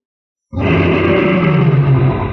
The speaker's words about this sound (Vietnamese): Nương theo đó là một tiếng gào thét làm rung động lắc lư tâm thần.